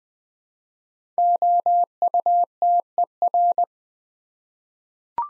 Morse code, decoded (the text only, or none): OUTER